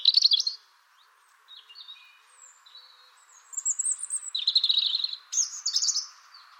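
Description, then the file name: European robin singing high, thin phrases: a sharp burst, a pause, then quiet wavering notes leading into louder tinkling and trilled phrases toward the end. "Erithacus rubecula"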